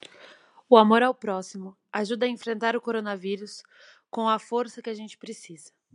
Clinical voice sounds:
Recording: spoken sentence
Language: Brazilian Portuguese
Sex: female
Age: 20 to 29 years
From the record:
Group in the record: control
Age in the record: 21 years

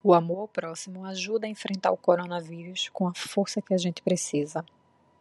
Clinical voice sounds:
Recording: spoken sentence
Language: Brazilian Portuguese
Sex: female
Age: 30 to 39 years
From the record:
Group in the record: control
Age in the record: 33 years

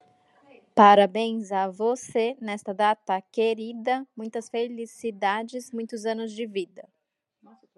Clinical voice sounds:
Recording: short text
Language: Brazilian Portuguese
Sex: female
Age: 30 to 39 years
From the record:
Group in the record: control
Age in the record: 34 years

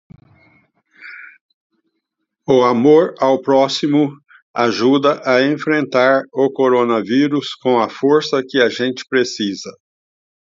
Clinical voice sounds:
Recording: spoken sentence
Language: Brazilian Portuguese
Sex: male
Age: 60 to 69 years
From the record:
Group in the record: control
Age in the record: 66 years

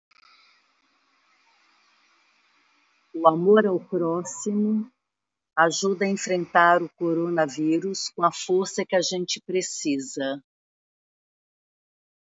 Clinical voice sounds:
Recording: spoken sentence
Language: Brazilian Portuguese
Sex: female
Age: 60 to 69 years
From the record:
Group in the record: control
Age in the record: 66 years

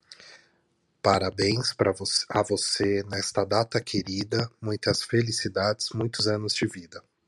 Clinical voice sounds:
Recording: short text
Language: Brazilian Portuguese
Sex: male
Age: 30 to 39 years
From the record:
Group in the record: control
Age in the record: 37 years

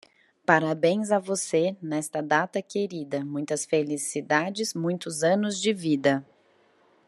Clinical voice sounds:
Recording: short text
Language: Brazilian Portuguese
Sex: female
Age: 30 to 39 years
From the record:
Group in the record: control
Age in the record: 39 years

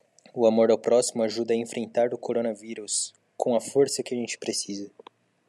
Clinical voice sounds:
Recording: spoken sentence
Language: Brazilian Portuguese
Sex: male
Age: 20 to 29 years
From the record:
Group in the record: control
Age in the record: 21 years

